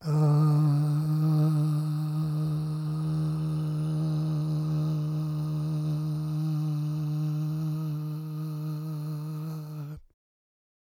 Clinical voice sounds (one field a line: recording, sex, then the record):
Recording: sustained vowel /a/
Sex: male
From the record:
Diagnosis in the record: Parkinson's disease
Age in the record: 77 years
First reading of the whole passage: 65 s, 8.0 characters per second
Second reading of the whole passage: 61 s, 8.5 characters per second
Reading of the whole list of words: 50 s, 5.6 characters per second